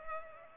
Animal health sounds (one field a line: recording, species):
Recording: mosquito wingbeat signal from an infrared sensor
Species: Culex pipiens